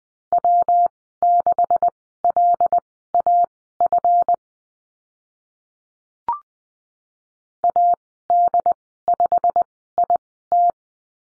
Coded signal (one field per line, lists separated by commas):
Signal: Morse code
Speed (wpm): 20 wpm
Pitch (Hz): 700 Hz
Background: none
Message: W6LAF AD5IT